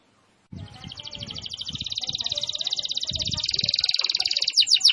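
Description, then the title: Canary song, a rapid high trill swelling steadily, ending in a few sweeping notes, with low rumbling noise beneath. Canary in full, vigorous song (gacor). "Kenari Gacor"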